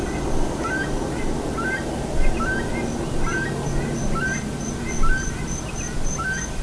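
Bird calls: short upslurred notes with faint harmonics, repeated several times over steady low rumbling background noise.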